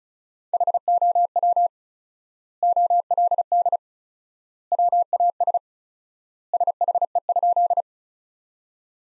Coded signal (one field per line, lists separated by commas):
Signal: Morse code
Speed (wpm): 34 wpm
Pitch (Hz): 700 Hz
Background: none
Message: HOW OLD WAS SHE?